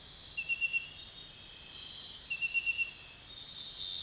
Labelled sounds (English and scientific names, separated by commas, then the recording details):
none
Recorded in secondary vegetation near Puerto Asís, Putumayo, Colombia, on 23 June 2025 at 02:00
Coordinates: 0.498, -76.327
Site GP09